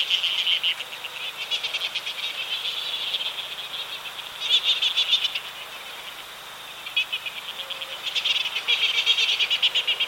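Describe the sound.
Cook's petrel chatters in quick buzzy pulse trains, repeated in bursts every few seconds, with a continuous high shrill background chorus.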